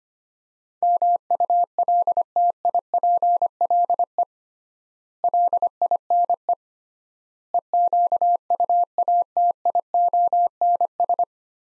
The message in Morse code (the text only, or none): MULTIPLE LINE EQUATIONS